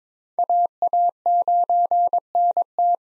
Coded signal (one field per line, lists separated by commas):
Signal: Morse code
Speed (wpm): 26 wpm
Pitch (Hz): 700 Hz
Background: none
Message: AA9NT